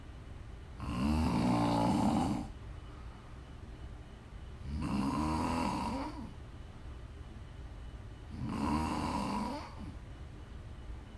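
Three long, rattling snores with a low buzzing vibration, each lasting about one and a half seconds and spaced about four seconds apart, roughly 16 a minute. Quiet room noise fills the gaps. This is ordinary snoring.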